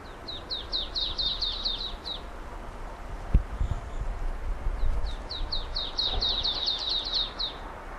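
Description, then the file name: Marsh tit calling in rapid runs of high, down-slurred chipping notes, two bursts of roughly a dozen each, over a steady low rumble and one sharp knock. "Poecile palustris"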